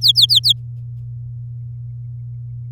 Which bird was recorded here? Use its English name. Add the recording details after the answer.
Domestic Canary. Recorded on 10 May 2018 at 16:05. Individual llb16